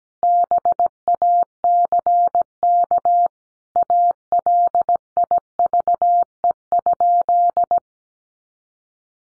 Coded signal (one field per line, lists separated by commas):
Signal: Morse code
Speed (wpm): 17 wpm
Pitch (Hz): 700 Hz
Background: none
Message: BACK ALIVE?